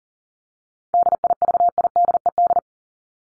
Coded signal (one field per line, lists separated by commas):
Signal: Morse code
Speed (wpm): 40 wpm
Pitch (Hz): 700 Hz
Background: none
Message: DIVIDED